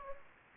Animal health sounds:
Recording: mosquito wingbeat signal from an infrared sensor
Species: Anopheles gambiae

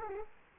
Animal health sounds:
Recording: mosquito wingbeat signal from an infrared sensor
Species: Culex quinquefasciatus

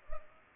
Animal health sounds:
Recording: mosquito wingbeat signal from an infrared sensor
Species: Culex pipiens

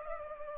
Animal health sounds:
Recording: mosquito wingbeat signal from an infrared sensor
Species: Culex pipiens

